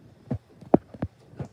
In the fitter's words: and then i'm going to add this pretty cap and it will snap in place